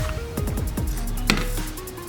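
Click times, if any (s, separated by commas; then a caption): 1.3 s. A carbon fiber side mirror cover is pressed onto the side mirror housing of an Audi S5 while music plays underneath. A sharp, bright snap at 1.3 s marks the cover snapping into place: the fit isn't great, but it is seated.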